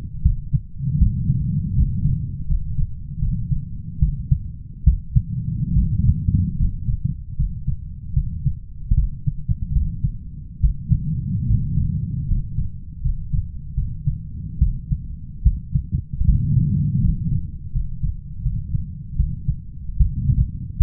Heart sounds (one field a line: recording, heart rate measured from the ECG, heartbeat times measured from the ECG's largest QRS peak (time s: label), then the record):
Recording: heart sounds by stethoscope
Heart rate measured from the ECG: 76 bpm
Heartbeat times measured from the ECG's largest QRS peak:
0.23 s: heartbeat
0.98 s: heartbeat
1.75 s: heartbeat
2.47 s: heartbeat
3.19 s: heartbeat
4.00 s: heartbeat
4.84 s: heartbeat
5.73 s: heartbeat
6.57 s: heartbeat
7.36 s: heartbeat
8.14 s: heartbeat
8.95 s: heartbeat
9.73 s: heartbeat
10.60 s: heartbeat
11.47 s: heartbeat
12.27 s: heartbeat
13.01 s: heartbeat
13.74 s: heartbeat
14.59 s: heartbeat
15.43 s: heartbeat
16.25 s: heartbeat
17.01 s: heartbeat
17.72 s: heartbeat
18.42 s: heartbeat
19.16 s: heartbeat
19.97 s: heartbeat
20.77 s: heartbeat
From the record:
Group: healthy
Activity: rest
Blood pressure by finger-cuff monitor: 137/78 mmHg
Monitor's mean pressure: 93 mmHg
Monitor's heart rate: 77 bpm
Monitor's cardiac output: 8.4 L/min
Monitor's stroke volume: 109 mL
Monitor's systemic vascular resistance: 820 dyn s/cm5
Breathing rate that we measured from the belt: 12 breaths a minute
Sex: male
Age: 23 years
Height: 178 cm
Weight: 96.6 kg